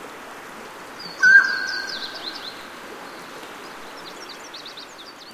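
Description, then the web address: Mountain quail calling a single strong, ringing note that trails off slowly, with high, thin twittering in the background. "Songs of Birds of North America Know Your Bird Sounds Common Western Species. Mountain Quail"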